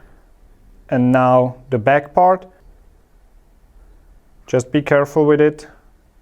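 Someone talks while handling the rear cylinder part of an airsoft sniper rifle's bolt assembly, about to fit it into the bolt handle. Only speech is heard, in two bursts with a quiet pause between them. Nothing has seated or clicked yet.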